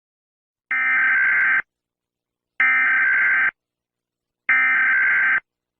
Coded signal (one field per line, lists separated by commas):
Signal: Emergency Alert System (SAME) tones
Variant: header bursts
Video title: Animals Take Over - REBORN (AN EAS Scenario)